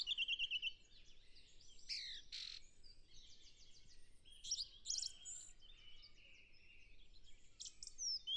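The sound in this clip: Song thrush song: a short high note repeated several times quickly, then varied chirps and squeaky phrases.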